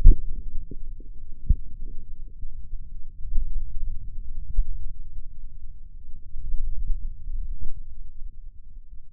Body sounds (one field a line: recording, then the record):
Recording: forearm muscle sounds (acoustic myography)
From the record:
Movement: finger pinch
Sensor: system 2, bracelet of six BSWA MPA416 microphones around the upper forearm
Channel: 1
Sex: male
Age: 22 years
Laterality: right